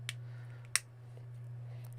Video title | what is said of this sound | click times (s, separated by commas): Cyberbricks - are these the Lego Mindstorms killer? | Satisfying click on all these. | 0.1 s, 0.8 s